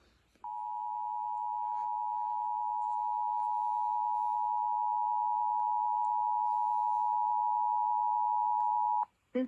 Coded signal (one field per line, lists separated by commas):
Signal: Emergency Alert System (SAME) tones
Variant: 853 and 960 Hz attention tone